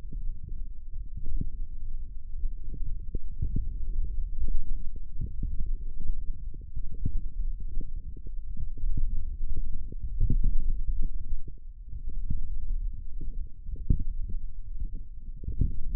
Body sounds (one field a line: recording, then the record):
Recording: forearm muscle sounds (acoustic myography)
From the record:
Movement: forearm pronation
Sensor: system 1, eight BSWA MPA416 microphones around the upper forearm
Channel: 8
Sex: male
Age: 18 years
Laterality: right